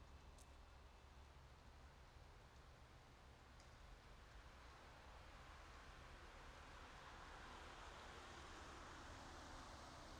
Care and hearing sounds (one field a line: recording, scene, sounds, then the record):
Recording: everyday scene through a hearing-aid microphone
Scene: in traffic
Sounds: traffic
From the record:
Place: bus stop on a city main road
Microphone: in the ear canal, right